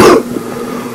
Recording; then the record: coughing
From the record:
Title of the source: Coughing 77